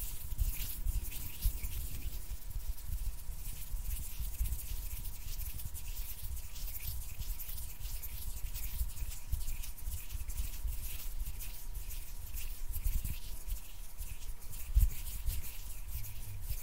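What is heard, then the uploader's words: Hands rub and brush together in a steady, dense stream of soft hissy strokes, with quick repeated swishes throughout. A faint constant tone hums underneath, and a low thump lands near the fifteen-second mark. ASMR HAND SOUNDS NO TALKING, INTENSE HAND SOUNDS, ASMR HAND MOVEMENTS.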